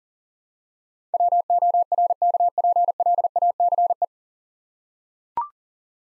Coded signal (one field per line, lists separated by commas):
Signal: Morse code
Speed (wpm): 39 wpm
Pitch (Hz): 700 Hz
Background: none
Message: WORKPLACE